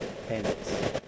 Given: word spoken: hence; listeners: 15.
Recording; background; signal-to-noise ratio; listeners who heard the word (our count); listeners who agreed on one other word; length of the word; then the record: one English word in noise, from a listening test; noise modulated by three-talker babble; -5.7 dB; 4 of 15; 6 of 15; 0.68 s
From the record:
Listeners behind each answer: 6, 4, 2, 1, 1, 1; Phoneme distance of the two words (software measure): 10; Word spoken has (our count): 1 syllable, 4 phonemes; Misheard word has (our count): 1 syllable, 4 phonemes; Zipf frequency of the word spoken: 3.95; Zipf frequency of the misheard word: 4.04